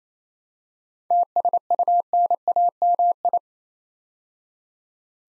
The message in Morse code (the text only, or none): TSUNAMI